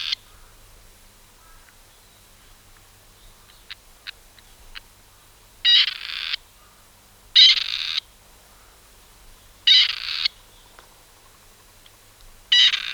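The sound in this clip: Bird calls: a few harsh, buzzy bursts about half a second long, the later ones about two seconds apart, with faint scattered clicks between them in an otherwise quiet background.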